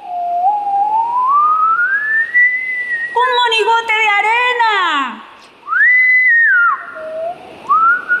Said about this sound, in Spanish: Silbó con alegría.